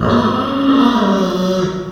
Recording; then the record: squeal of a Yucatan mini pig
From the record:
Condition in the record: after surgery on the right vocal fold (resection and tissue-engineered implant); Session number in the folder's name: 15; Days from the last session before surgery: 175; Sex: female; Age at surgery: 19 weeks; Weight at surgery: 25 kg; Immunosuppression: prednisolone